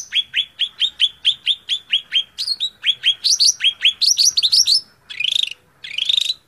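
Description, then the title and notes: Greater green leafbird song: a fast series of rich, downslurred whistled notes, then sweeping rising phrases and harsh buzzy bursts near the end. Song used as a training recording (masteran) for caged greater green leafbirds. "Suara Burung Cucak Ijo. mantap buat masteran burung cak ijo"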